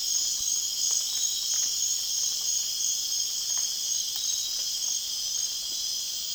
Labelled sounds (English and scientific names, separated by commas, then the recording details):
none
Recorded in dense forest near Puerto Asís, Putumayo, Colombia, on 19 June 2025 at 20:00
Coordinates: 0.466, -76.327
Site GP04